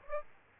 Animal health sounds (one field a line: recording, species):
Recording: mosquito wingbeat signal from an infrared sensor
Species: Aedes aegypti